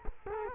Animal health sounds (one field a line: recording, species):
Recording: mosquito wingbeat signal from an infrared sensor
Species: Culex quinquefasciatus